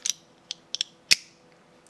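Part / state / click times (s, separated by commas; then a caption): camera quick release plate into tripod/gimbal clamp / seated / 1.1 s. A camera quick release plate is pushed into its tripod or gimbal clamp with the lever open. A few light ticks come at about 0.1, 0.5, 0.7 and 0.8 seconds, then a loud, sharp snap at 1.1 seconds as the two parts come together. The plate is seated and the camera is locked in.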